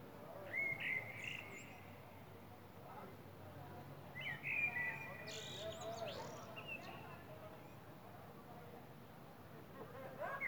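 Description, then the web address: Common blackbird song: mellow fluted phrases with squeaky high endings, separated by pauses of a few seconds, over steady low background noise. Recorded in April. "Amsel im April"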